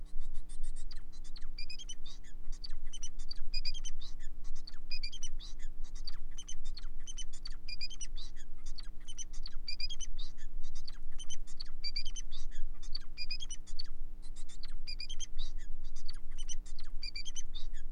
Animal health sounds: song of a male Bengalese finch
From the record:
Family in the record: son of father 4

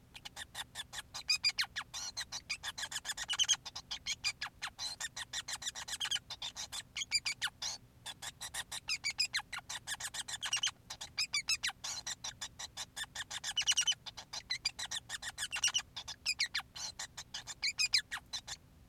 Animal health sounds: song of a male Bengalese finch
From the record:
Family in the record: son of father 5

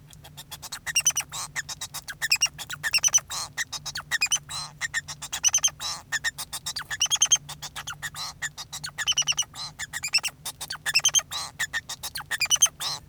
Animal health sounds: song of a male Bengalese finch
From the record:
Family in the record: son of father 2

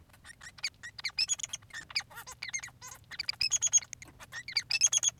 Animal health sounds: song of a male Bengalese finch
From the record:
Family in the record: son of father 3

